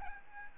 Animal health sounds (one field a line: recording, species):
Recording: mosquito wingbeat signal from an infrared sensor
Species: Aedes albopictus